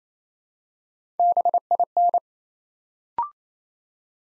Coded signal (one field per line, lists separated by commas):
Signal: Morse code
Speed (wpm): 28 wpm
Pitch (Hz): 700 Hz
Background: none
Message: BIN